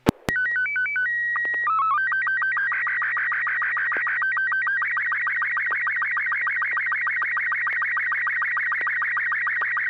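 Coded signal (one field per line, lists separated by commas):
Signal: SSTV (slow-scan television)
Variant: Robot 36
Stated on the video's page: SSTV net using MMSSTV, sent over an FM repeater on 441.300 MHz in Sacramento, CA.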